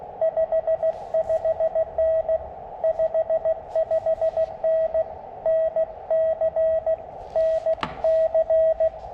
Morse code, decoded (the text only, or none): 55N 55N NC NC